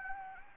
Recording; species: mosquito wingbeat signal from an infrared sensor; Anopheles gambiae